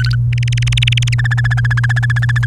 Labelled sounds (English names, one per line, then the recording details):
Domestic Canary song
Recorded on 29 April 2018 at 06:08
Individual llb3